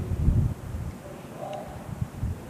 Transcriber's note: sounds of lecture over loudspeaker